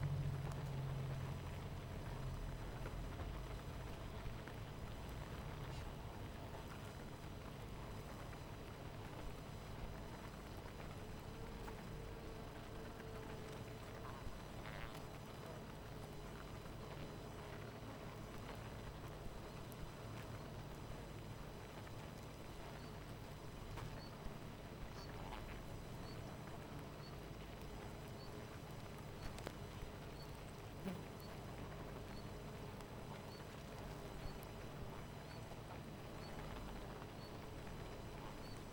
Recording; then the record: honeybee colony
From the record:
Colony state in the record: missing queen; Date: 14 July 2017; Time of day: 18:44